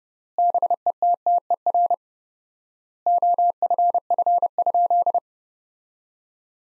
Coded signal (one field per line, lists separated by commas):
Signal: Morse code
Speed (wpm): 30 wpm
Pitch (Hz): 700 Hz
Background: none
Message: BETTER OFF?